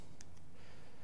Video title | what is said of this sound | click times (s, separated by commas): Photography and Cinema Anti Twist Plate Review | so this little guy just pops right in there | 0.2 s